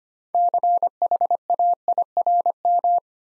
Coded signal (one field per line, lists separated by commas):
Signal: Morse code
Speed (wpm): 25 wpm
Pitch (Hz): 700 Hz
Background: none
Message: CHAIRM